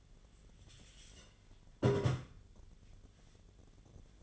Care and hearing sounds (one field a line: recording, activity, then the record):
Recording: daily activity, microphone in the room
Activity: take from stove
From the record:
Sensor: 4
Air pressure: 1010.8 hPa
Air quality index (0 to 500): 167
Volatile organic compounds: 4 ppm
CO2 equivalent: 1702 ppm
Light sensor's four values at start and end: 40/114/46/47 and 39/112/45/46